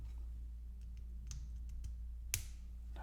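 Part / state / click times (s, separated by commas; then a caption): golden plastic brick element onto the end of a small brick sub-build / seated / 2.3 s. A small golden plastic LEGO brick element is pressed onto the end of a small brick sub-build. A few faint light clicks lead up to one sharp snap at 2.3 s, when the piece seats firmly in place.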